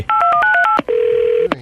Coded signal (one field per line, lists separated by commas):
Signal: DTMF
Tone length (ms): 130 ms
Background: speech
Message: 821938